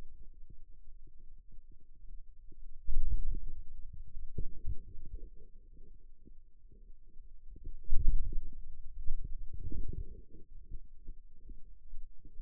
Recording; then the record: forearm muscle sounds (acoustic myography)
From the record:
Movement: wrist flexion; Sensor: system 2, bracelet of six BSWA MPA416 microphones around the upper forearm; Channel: 5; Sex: male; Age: 22 years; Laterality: right